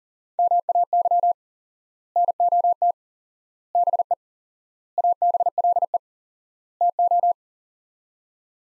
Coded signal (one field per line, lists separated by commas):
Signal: Morse code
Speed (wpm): 37 wpm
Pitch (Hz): 700 Hz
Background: none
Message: MAY NOT BE ABLE TO